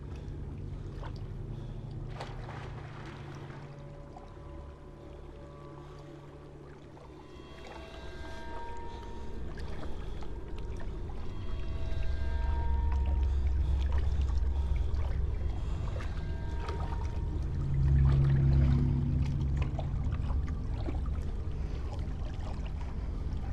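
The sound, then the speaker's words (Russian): Water splashes and sloshes steadily as a young woman jumps into the water from the shore and swims, over a low rumbling bed of sound, with faint tonal notes drifting in and a louder surge of splashing toward the end. “Видит, как вдали по берегу идет голая девушка и прыгает в воду.”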